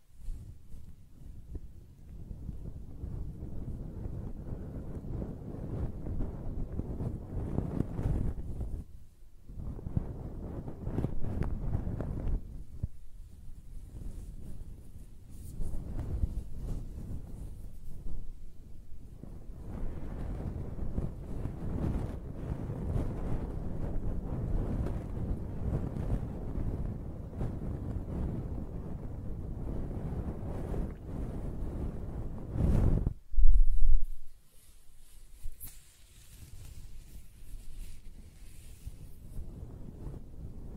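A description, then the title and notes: Close-up hair rubbing and stroking right against the microphone, heard mostly as a deep, muffled rumble with soft scratchy edges. Strokes run in long, uneven passes broken by brief pauses, and a sharp bump near the 33-second mark leaves a quieter stretch after. ASMR Close-Up Hair Sounds - Scratching, Brushing, Stroking (No Talking).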